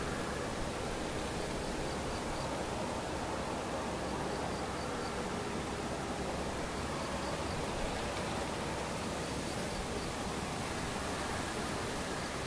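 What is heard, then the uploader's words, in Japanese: Near-silence filled by a steady, even hiss with a soft low rumble underneath. Faint, high insect chirps come in short bursts every couple of seconds from about the two-second mark onward. The level stays flat throughout, with no other distinct events. ほぼ無音 後半ムシ。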